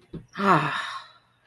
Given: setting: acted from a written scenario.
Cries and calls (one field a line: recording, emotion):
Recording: vocal sound without words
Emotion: contentment